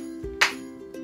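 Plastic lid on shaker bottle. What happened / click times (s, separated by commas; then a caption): The plastic lid snapped shut / 0.4 s. A plastic lid is pressed down onto a shaker bottle with some force until it snaps shut at 0.4 s, giving a sharp, bright click over a steady tonal background hum. A fainter sound follows near 0.9 s, and the lid is seated closed.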